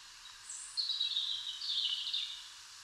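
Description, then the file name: European robin song, one thin, high warbling phrase of quick sliding notes lasting about two seconds, with a faint steady hiss behind it. "Erithacus rubecula"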